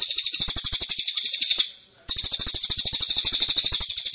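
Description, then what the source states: Bird song, a dense high-pitched chattering trill of quick repeated chirps, fading out for a moment, then bursting back at full strength. Track meant to make a listener's own bird join in singing immediately.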